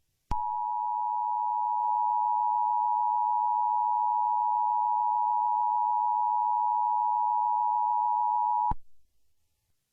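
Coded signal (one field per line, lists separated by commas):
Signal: Emergency Alert System (SAME) tones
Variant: 853 and 960 Hz attention tone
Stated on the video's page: Fictional EAS scenario.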